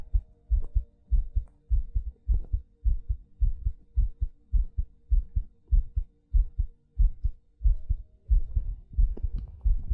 ASMR Heartbeat Breathing.